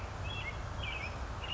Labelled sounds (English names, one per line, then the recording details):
Western Tanager
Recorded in Sonoma County, California